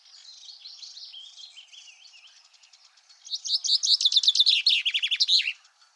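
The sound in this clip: Common chaffinch song: after soft twittering, a loud, fast series of chirps descends in pitch and closes with a short flourish.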